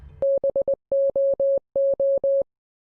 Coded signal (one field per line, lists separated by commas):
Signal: Morse code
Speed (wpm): 20 wpm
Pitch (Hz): 550 Hz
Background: none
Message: BOO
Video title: Spooky Easter Eggs in Luigi's Mansion 3 - DPadGamer